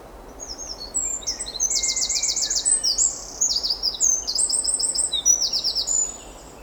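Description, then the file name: Eurasian wren singing a fast, high-pitched burst of ringing trills and dry rattling phrases, strung together for several seconds. "Troglodytes troglodytes"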